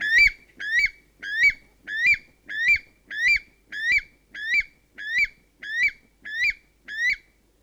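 North Island weka song: a steady series of about twelve shrill, rising whistled notes with a harsh edge, repeated roughly every two-thirds of a second, evenly spaced throughout.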